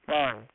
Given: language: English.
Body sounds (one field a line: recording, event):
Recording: throat vibration sensor signal played as sound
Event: speech